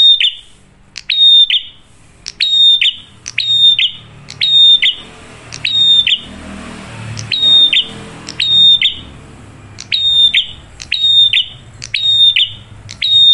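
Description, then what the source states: Prinia sings repeated phrases, high rapid ticking then a strong whistled note, about once a second, over a faint low rumble. Lively, clear-voiced prinia on an Indonesian masteran training recording, used as a lure to provoke other birds into singing.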